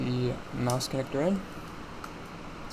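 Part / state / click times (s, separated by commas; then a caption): touchpad flex cable connector into laptop board socket / seated / 2.0 s. During reassembly of a Lenovo ThinkPad X1 Carbon 7th Gen (Type 20QD-001TUS) laptop, the touchpad (mouse) flex cable connector is pressed into its board socket. Someone talks over a low steady background, then a short sharp click at 2.0 s marks the connector snapping into place, seated.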